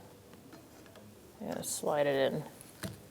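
A new plastic wiper blade adapter is being slid onto the metal hook of a front wiper arm on a 2012-2019 Fiat 500 while someone talks, with faint handling noises and a brief sharp tap near the end. Nothing has seated or clicked yet; the blade is not yet home on the arm.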